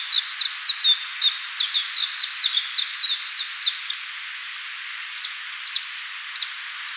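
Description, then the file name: Warbling white-eye song, a rapid high twitter of sliding chirps for about four seconds, then breaking off into a few scattered, soft single notes. "Zosterops japonicus"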